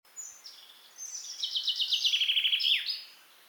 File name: Fringilla coelebs